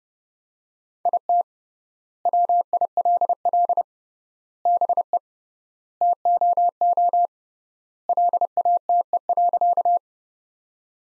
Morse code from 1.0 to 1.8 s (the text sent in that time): IT